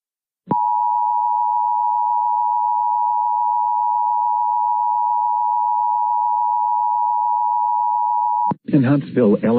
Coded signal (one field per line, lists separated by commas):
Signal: Emergency Alert System (SAME) tones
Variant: 853 and 960 Hz attention tone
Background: speech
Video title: EAS Alert In Huntsville, Alabama 2/30/26. (FAKE)